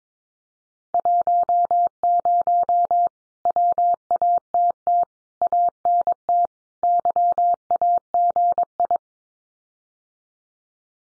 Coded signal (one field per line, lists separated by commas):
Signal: Morse code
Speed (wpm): 22 wpm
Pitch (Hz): 700 Hz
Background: none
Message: 10 WATT ANT YAGI